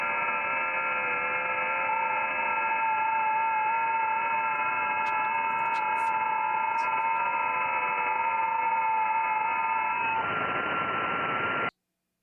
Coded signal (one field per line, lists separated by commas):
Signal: FT8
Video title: Saturday Morning Ham Radio Live Stream AF0F 2025-07-26 14:50Z